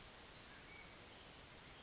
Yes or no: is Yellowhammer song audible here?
no